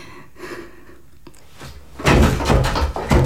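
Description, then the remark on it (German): After a quiet, faintly rustling stretch and a small click, a door bursts open with a sudden loud crash, followed by a second or so of heavy rattling and banging, as Sam Waterhouse appears in the doorway holding a pistol. “Plötzlich stand Sam Waterhouse in der Tür.”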